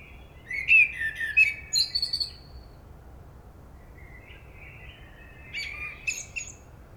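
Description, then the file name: Common blackbird delivering a rich warbled phrase with a thin high trill, then a softer, quieter second phrase a few seconds later. "Turdus merula"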